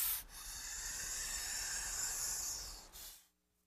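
Snake hiss, one sustained breathy hiss of about three seconds, then silence.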